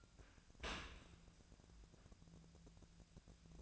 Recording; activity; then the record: daily activity, microphone in the room; open dishwasher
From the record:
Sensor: 2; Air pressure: 1003.0 hPa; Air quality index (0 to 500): 199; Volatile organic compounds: 6 ppm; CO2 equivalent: 1891 ppm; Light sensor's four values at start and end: 24/57/25/28 and 24/58/25/28